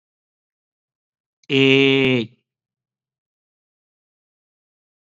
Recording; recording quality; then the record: sustained vowel as in made; excellent, no background noise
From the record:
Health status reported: COVID-19 positive, mild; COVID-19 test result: positive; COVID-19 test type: RT-PCR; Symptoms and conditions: cold, sore throat, muscle pain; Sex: male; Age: 30 years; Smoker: yes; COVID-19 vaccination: both doses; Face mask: worn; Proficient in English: yes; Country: India